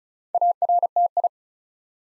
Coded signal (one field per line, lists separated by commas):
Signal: Morse code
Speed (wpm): 36 wpm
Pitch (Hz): 700 Hz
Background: none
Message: ARTI